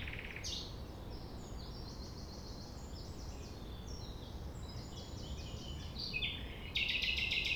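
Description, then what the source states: Common nightingale song: varied high chirps and warbles, then a fast burst of repeated bright notes at the end, over a steady low rumble. At sunrise, 6 a.m., near the Thève at Champ de Ménage; the nightingale sings without waiting for silence.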